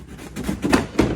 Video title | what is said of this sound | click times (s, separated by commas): Double Take Body Install Club Car Precedent | it goes that snapped let's go around to the other side there | 0.7 s, 1.0 s